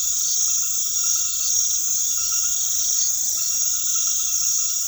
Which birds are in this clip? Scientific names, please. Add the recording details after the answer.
none. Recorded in secondary vegetation near Puerto Asís, Putumayo, Colombia, on 21 February 2024 at 22:30. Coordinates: 0.500, -76.326. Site G6428